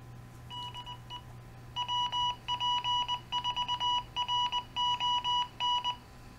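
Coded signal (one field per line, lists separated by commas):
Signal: Morse code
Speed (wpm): 20 wpm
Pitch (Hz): 980 Hz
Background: none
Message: DE WP4RON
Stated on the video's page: Fox hunt transmitter ident from an Arduino Nano based controller driving a Kenwood or Baofeng radio.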